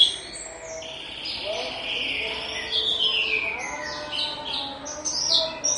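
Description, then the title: Horsfield's bush lark song: a varied run of high chirps, slurred notes and short buzzy phrases, shifting pitch throughout, with faint steady lower tones underneath. Recorded in Situbondo, East Java. "Branjangan Javanica Ktp Situbondo Jatim"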